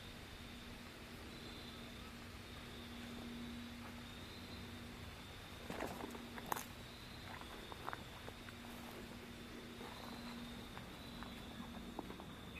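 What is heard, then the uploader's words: An outdoor walk in autumn, set against a steady low hum and a thin high whine that hold for the whole stretch. Around the middle comes a brief cluster of crisp snaps and rustles, like footsteps on dry leaves, then scattered light ticks continue. Nature Walkabout in Fall.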